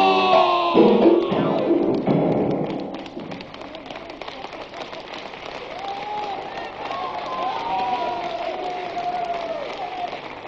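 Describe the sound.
An audience applauds in a dense, steady wash of clapping that lasts throughout, loudest at the start where voices call out, then easing slightly as a few rising shouts carry over it.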